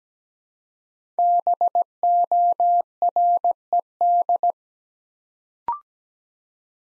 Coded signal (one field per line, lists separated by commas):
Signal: Morse code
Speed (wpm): 17 wpm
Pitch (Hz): 700 Hz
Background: none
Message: BORED